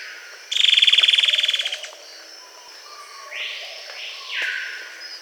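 Bird calls: a loud, rapid, buzzy pulsed trill for over a second, then quiet before two broad, arching swept notes.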